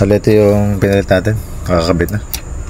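A newly fitted replacement latching push-button switch on the circuit board of an MT-X708 parametric equalizer, which replaced one that would no longer lock, is handled while someone talks. Nothing has seated or clicked yet; the button has not been pressed into its locked position.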